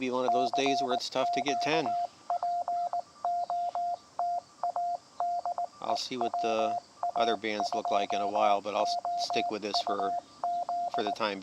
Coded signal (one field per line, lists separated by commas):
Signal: Morse code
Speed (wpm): 19 wpm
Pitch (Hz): 700 Hz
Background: speech, radio noise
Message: CQ POTA DE WA2OUZ